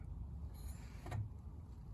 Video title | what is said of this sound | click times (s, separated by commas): How to Replace an Intermatic T101M Pool Timer | little tab back on it fits properly it's just going to click right into place just like that now we're | 1.1 s